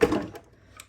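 A plastic handle lever of a Cuisinart soft-serve ice cream maker is pushed down into its slot on the dispenser housing. A loud, fading rattle at the start gives way to quiet handling, then a single short, sharp click at 0.8 s as the lever snaps into the slot and seats.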